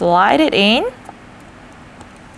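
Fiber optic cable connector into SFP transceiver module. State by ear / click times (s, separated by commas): seated / 1.1 s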